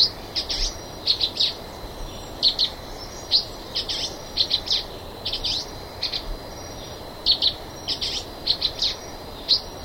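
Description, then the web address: Silver-beaked tanager giving a steady series of bright, staccato high notes, grouped in twos and threes at brisk intervals. Eastern lowlands of South America. "Natures Songs S America Eastern Lowlands. Silver-beaked Tanager"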